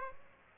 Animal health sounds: mosquito wingbeat signal from an infrared sensor; Aedes aegypti

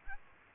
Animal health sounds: mosquito wingbeat signal from an infrared sensor; Aedes aegypti

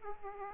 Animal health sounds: mosquito wingbeat signal from an infrared sensor; Aedes aegypti

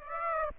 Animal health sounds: mosquito wingbeat signal from an infrared sensor; Aedes aegypti

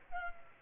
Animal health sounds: mosquito wingbeat signal from an infrared sensor; Culex pipiens

